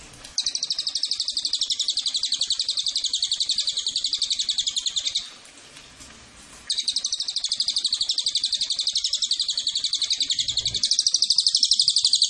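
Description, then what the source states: Cililin's high-pitched rattling trill of rapid repeated notes, broken once by a short noisy gap, then continuing and growing slightly louder at the end. Tutor track for training cage birds and lure to attract Cililin.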